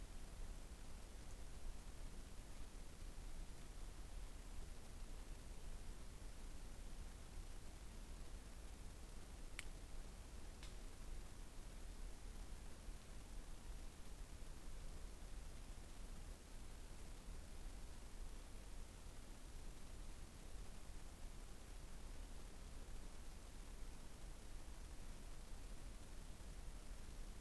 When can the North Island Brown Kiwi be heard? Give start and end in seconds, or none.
none